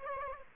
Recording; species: mosquito wingbeat signal from an infrared sensor; Aedes aegypti